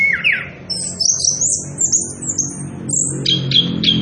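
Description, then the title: Orange-headed thrush song: high, fast warbled phrases with a lower slurred note at the start and repeated sharp notes near the end, over low background hum. Energetic continuous singing (ngerol) at high volume, used as a lure and training recording for young birds (trotolan). "Anis Kembang Gacor. pancingan anis kembang ngerol edan volume dasyattt cocok buat masteran trotolan"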